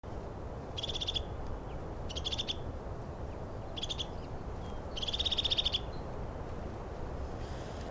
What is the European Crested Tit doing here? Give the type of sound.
call